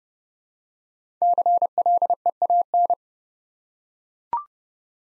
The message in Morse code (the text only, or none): CLEAN